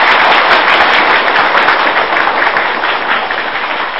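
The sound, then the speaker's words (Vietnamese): A crowd of Buddhist followers in Denver, Colorado applauds steadily to welcome a visiting venerable monk, dense overlapping claps forming a loud, even wash of sound that holds for several seconds and eases slightly toward the end, with no voices. “Vậy cho thêm một tràng pháo tay thật lớn.”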